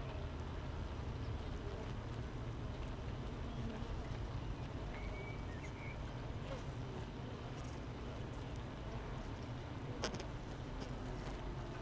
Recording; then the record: honeybee colony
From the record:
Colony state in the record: missing queen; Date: 31 May 2018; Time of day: 7:53